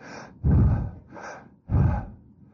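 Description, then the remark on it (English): A person audibly breathes in sharply twice, each loud, rough gasp rising quickly and then trailing off, with softer airy breaths between them and no talking. “And so, on that day of Pentecost, when they saw these cloven tongues, like as a fire coming down, and it was settling in on them, what they did, they just breathed in like this.”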